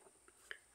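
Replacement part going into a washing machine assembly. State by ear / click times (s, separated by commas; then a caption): seated / 0.5 s. A new replacement part is pushed into a washing machine assembly after several tries, with a faint tap at 0.3 s. A sharp, short click at 0.5 s marks the part seating into place. No one talks in the clip.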